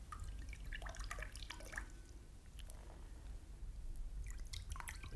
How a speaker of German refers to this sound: Ich dachte bloß, weil es draußen so in Strömen regnet.